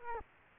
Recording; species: mosquito wingbeat signal from an infrared sensor; Culex quinquefasciatus